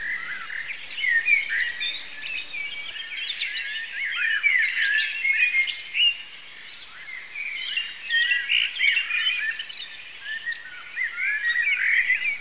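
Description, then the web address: Birds chirping in a dense, continuous chorus of overlapping high twitters and tweets from many birds, with no other clear sounds. "cavapeter cvpt birds"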